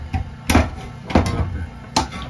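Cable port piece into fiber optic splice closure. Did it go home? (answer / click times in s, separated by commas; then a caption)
yes / 2.0 s. A cable port piece is pushed into the feed port of a plastic fiber optic splice closure, producing several sharp knocks and taps near 0.1, 0.5 and 1.1 seconds. A crisp, loud click at 2.0 seconds marks the port piece seating into the closure.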